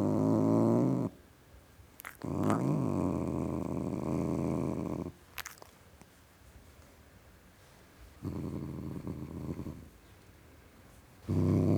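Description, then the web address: Domestic cat producing steady low growls in separate stretches, with quiet gaps and a few faint clicks between them. Male (tom) domestic cat, growling. "BBC Sound Effects Library - Cats Tom Cat Growling"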